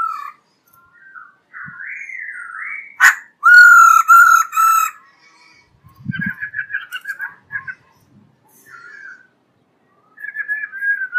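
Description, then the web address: Black-throated laughingthrush song: clear whistled phrases rising and falling, a loud harsh harmonic burst in the middle, then shorter repeated whistled notes. Female singing, used as a lure to stimulate males. "Tieng khuou bac ma mai hot moi kich trong"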